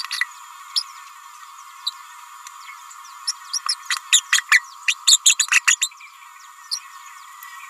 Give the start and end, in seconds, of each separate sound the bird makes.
0.10-0.20, 0.75-0.83, 1.86-1.92, 3.27-3.32, 3.53-3.60, 3.68-3.75, 3.89-3.96, 4.12-4.21, 4.32-4.46, 4.51-4.65, 4.87-4.94, 5.07-5.19, 5.24-5.37, 5.67-5.77, 5.81-5.91, 6.71-6.79